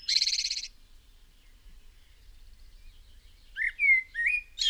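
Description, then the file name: Common blackbird song fragment: a harsh, buzzy high burst at the start, then a quiet pause before a few mellow whistled notes begin near the end. "Turdus merula"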